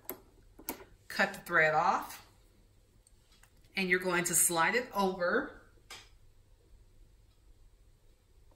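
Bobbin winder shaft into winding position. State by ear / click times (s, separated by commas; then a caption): not seated / none. Someone talks while handling the bobbin winder shaft with its bobbin on a Baby Lock Aventura II sewing machine, about to slide it over into winding position. A few light handling taps sound between the words and after them. Nothing has latched or clicked into place yet.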